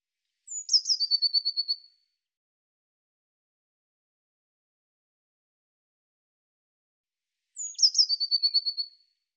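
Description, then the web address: Eurasian blue tit calling twice, about seven seconds apart; each phrase is a high thin downslurred note followed by a fast rattling trill, with silence between. "Deverinetal"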